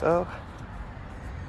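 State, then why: Not seated. A replacement exterior door trim piece is being slid down onto its clips on a car door. Someone talks briefly at the start, followed by a low, steady background rumble with no distinct click. The trim is handled but has not popped into place; nothing has seated yet.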